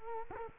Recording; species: mosquito wingbeat signal from an infrared sensor; Culex quinquefasciatus